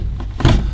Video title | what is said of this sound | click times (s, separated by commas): Hotpoint BIWMHG71484 Integrated Washing Machine | then it clicks into place it can be a little bit fiddly but don't be worried about breaking it | 0.2 s, 0.4 s